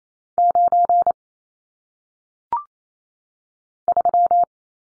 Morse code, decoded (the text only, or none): 9 3